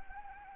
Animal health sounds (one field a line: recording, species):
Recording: mosquito wingbeat signal from an infrared sensor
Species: Anopheles gambiae